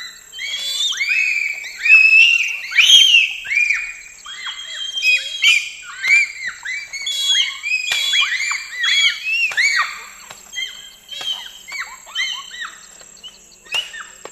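Bonobos giving high, arching squeals and hoots in irregular excited bursts, several animals overlapping, with insects ticking in the background.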